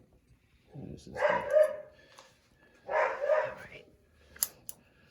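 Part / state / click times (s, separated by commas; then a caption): retaining clip into dryer cabinet mount / seated / 4.4 s. While reassembling a Whirlpool dryer after replacing a snapped belt, someone talks and then pushes a metal retaining clip, held in the hand, back into its mount on the dryer cabinet. A sharp snap at 4.4 s marks the clip seating back in place.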